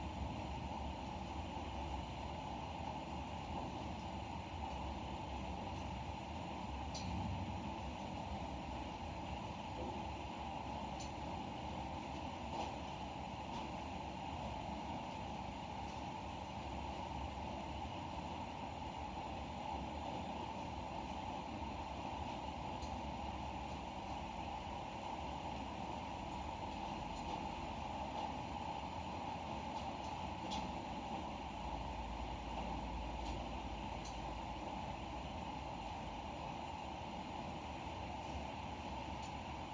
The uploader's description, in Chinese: 这场阵雨到雨停的过程